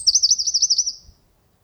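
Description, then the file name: Eurasian wren giving a rapid, high trill of evenly repeated notes that runs for about a second and then stops. "Troglodytes troglodytes"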